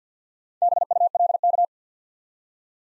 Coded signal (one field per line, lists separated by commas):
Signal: Morse code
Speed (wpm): 48 wpm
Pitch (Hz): 700 Hz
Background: none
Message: BULK